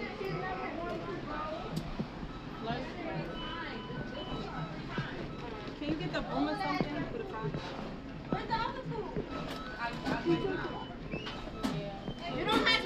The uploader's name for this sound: NYC sounds: McDonald's